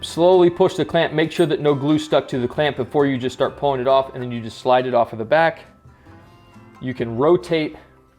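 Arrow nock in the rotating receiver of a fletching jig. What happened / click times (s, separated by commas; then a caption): The part is being handled and has not clicked into place yet / none. Someone talks over background music while handling an arrow in a plastic fletching jig, easing the clamp off after the glue sets and sliding it off the back before rotating the arrow nock in the jig's rotating receiver. The clip ends before the receiver reaches its next index position, so nothing has seated or clicked yet.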